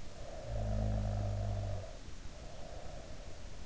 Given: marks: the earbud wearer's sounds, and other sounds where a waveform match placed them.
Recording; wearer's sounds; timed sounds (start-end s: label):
sounds in sleep by an in-ear microphone; snoring breath
0.00-3.31 s: snoring breath